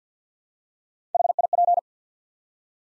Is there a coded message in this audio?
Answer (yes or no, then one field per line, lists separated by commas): yes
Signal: Morse code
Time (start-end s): 1.1-1.8 s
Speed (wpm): 48 wpm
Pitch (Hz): 700 Hz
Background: none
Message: HIP